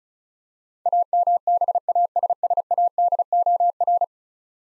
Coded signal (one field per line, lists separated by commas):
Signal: Morse code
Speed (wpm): 36 wpm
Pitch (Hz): 700 Hz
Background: none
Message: AMBASSADOR